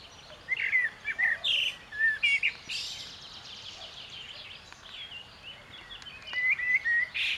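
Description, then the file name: Common blackbird giving scattered whistled and chirping notes in several bursts, with a busier stretch near the end. "Turdus merula"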